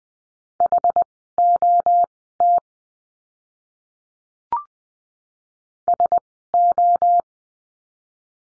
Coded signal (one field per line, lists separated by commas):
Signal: Morse code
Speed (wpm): 19 wpm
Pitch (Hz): 700 Hz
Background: none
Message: HOT SO